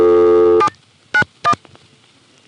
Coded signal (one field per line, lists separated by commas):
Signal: DTMF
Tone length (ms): 80 ms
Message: 791